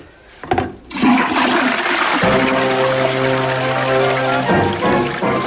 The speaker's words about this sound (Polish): Myślę, że możemy puścić wodę, co?